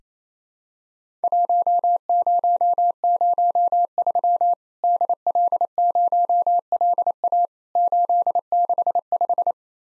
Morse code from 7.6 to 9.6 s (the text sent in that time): 865